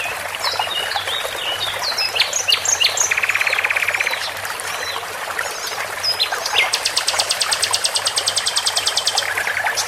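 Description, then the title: Birds in chorus: quick high chirps and slurred notes, a dry rattling trill, then a long, even, very high buzzy trill lasting several seconds, with constant flowing water behind. "اصوات عصافير مع مياه"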